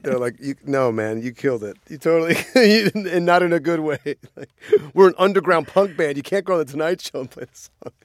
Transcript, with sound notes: They're like, no, man, you killed it. You totally - (laughter) and not in a good way. Like, we're an underground punk band. You can't go on "The Tonight Show" and play something.